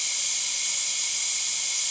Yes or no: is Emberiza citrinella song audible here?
no